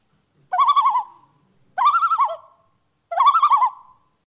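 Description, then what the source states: Loon giving three quavering tremolo bursts, each a fast run of wavering, laugh-like notes under a second long. Tremolo, a surprise or alarm call: the bird has been surprised, something is too close and it is about to leave; the lower mandible moves up and down five times per second.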